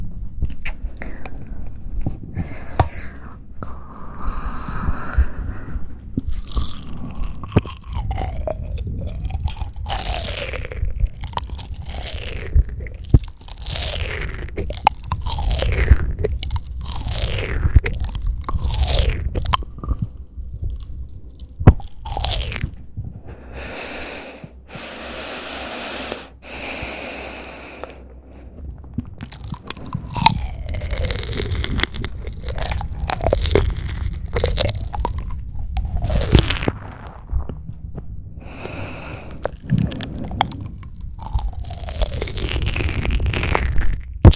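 Soft mouth sounds: wet clicks, smacks and crunchy chewing bursts arrive in quick irregular clusters, with brief sliding squelches throughout. Around the middle come a few longer hissy, breathy stretches, and a low steady rumble sits underneath the whole time.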